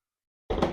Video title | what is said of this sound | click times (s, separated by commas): Hele Box Set Up Instructions (Solo & Duo) | once you see it and hear it pop into place you're good to go | 0.5 s